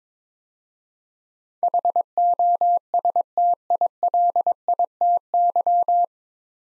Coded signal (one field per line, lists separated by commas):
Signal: Morse code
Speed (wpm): 22 wpm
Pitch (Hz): 700 Hz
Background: none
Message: HOSTILITY